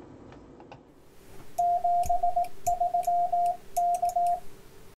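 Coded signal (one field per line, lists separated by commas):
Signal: Morse code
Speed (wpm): 18 wpm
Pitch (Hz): 700 Hz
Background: radio noise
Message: 73 K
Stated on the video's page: CW beacon from a homebrewed STM32 Arduino-based CW and WSPR beacon, sending CW at the top of each minute.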